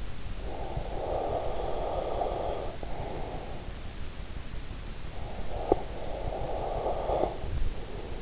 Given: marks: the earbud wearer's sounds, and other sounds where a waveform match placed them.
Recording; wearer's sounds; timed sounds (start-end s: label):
sounds in sleep by an in-ear microphone; breath
0.36-4.03 s: breath
5.07-8.22 s: breath